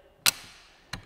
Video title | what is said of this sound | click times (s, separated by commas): Makita 9 1/4" 36V Track Saw!!! Toolsday | one degree or when you lift it up you'll hear the click now | 0.3 s